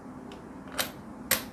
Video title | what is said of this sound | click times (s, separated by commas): stitching machine పూస కుట్టు ఎందుకు పడుతుంది దారం మిషన్ ఏది వాడాలి | జస్ట్ ఇలా ఈ సౌండ్ వచ్చే వరకు అలా పెట్టేసుకోవాలి. | 1.3 s